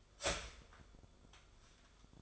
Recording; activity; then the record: daily activity, microphone in the room; start toaster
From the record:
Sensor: 5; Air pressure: 1014.8 hPa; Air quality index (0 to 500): 206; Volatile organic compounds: 9 ppm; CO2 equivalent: 2191 ppm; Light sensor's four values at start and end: 14/33/13/12 and 14/33/13/12